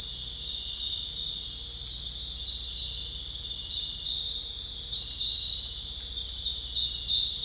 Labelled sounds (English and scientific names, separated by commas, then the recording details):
none
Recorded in dense forest near Puerto Asís, Putumayo, Colombia, on 26 December 2024 at 19:30
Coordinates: 0.484, -76.325
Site G056